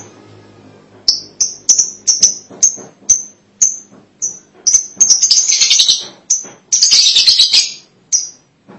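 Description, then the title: Lovebird giving a series of short, high, sharp chirps, building into a harsher buzzy chatter near the end. "BM Suara Burung Lovebird"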